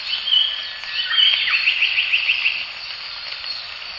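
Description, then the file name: Japanese paradise flycatcher giving whistled notes and a fast chattering run of repeated notes, with a steady high hiss of background callers throughout. Recorded at the Morito River. "サンコウチョウ 森戸川"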